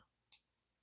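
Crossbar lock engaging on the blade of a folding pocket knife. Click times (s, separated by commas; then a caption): 0.3 s. The blade of a CJRB Acacia folding pocket knife, which sticks a little when deployed, is opened, and its crossbar lock snaps into the locked position. A single sharp, bright click at 0.3 s stands out against near silence. The lock is seated.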